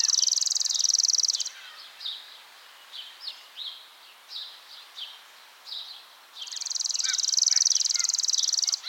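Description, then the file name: Chipping sparrow trilling twice, a dry, evenly pulsed high rattle at the start and again near the end, separated by assorted short chirps. "Spizella passerina - Chipping Sparrow"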